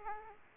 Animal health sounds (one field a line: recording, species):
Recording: mosquito wingbeat signal from an infrared sensor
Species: Aedes aegypti